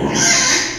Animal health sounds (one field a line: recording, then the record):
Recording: squeal of a Yucatan mini pig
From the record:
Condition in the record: before surgery on the right vocal fold (resection and tissue-engineered implant)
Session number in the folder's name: 2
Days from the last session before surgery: 0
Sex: male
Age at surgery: 12 weeks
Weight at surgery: 13 kg